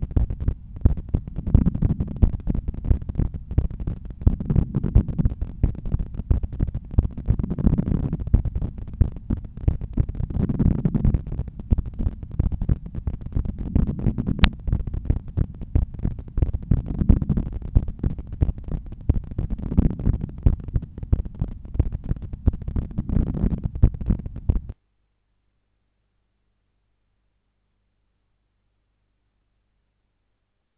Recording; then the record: heart sounds by stethoscope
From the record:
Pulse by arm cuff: 88 bpm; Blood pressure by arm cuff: 124/83 mmHg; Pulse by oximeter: 88 bpm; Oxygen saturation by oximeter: 96%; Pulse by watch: 88 bpm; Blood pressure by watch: 116/77 mmHg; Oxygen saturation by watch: 97%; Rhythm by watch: sinus rhythm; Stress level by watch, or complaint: low stress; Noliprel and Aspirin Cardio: after pills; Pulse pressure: 41 mmHg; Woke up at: 6:55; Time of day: 19:43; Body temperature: 36.4 C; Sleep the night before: 7 h 39 min, score 71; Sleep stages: REM 24%, light 64%, deep 5%, awake 7%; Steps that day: 12000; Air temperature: 23 C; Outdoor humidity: 76%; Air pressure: 1008 hPa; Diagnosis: hypertension, treated with Noliprel and Aspirin Cardio 100 mg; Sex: male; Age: 53 years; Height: 174 cm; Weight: 81 kg